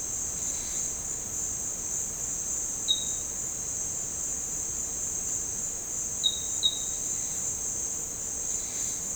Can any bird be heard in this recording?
no